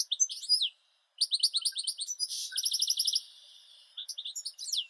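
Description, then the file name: European goldfinch: high twittering phrases, a short pause, then a quick run of rattled trilled notes and more chattering. "Golosa ptic - CSHegol Carduelis carduelis"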